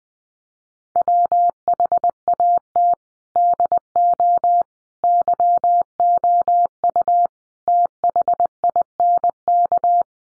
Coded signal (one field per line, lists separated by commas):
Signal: Morse code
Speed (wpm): 20 wpm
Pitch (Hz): 700 Hz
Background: none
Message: WHAT DO YOU THINK